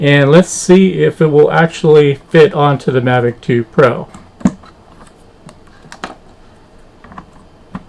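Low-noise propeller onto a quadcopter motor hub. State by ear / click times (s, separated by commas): seated / 6.0 s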